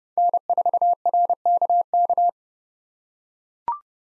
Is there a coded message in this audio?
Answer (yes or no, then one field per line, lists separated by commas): yes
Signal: Morse code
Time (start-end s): 0.2-2.3 s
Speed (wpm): 30 wpm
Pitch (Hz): 700 Hz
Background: none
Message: N4RKK